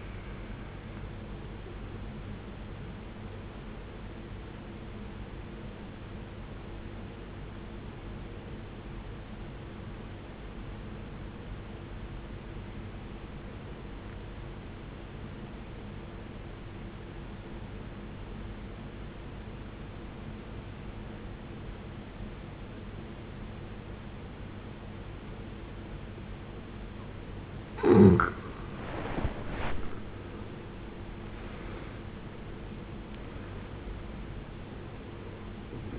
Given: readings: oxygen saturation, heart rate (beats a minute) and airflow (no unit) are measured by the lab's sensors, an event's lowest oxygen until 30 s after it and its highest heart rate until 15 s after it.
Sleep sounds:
breathing in sleep by a voice recorder at the bedside; 1
7.00-30.20 s: obstructive apnea (N1, oxygen 94% highest, then 76% lowest, heart rate 64 at the start, 77 highest)
From the record:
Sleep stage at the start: N1 (lightest sleep); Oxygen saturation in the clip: 77 to 94%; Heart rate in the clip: 56 to 77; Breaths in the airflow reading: 4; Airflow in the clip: -17.7 to 15.5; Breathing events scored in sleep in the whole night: 389 in 6.3 hours asleep

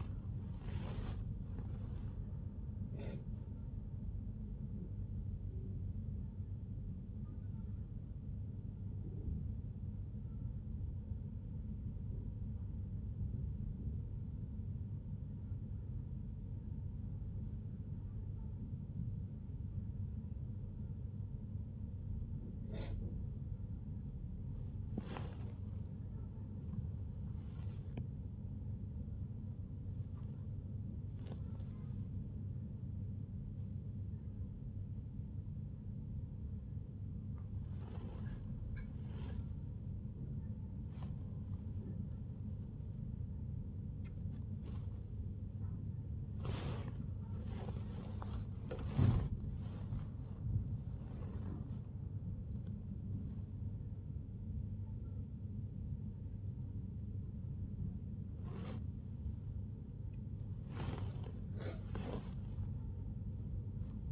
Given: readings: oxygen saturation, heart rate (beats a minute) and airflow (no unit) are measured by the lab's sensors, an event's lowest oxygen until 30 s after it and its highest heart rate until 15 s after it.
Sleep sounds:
a person awake in a sleep study, by a smartphone at the bedside; none
0.00-64.12 s: awake
From the record:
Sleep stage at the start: awake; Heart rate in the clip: 79 to 91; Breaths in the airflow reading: 21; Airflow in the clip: -0.8 to 0.7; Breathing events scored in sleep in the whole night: 51 in 8.9 hours asleep

